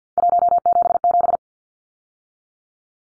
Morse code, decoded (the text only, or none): 177